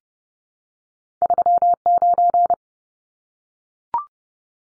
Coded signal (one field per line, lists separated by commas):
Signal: Morse code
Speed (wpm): 30 wpm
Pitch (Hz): 700 Hz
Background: none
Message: 39